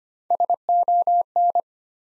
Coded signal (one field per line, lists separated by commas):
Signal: Morse code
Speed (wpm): 25 wpm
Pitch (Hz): 700 Hz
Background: none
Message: SON